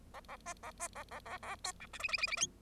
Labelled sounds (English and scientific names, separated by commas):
Bengalese Finch (Lonchura striata domestica) song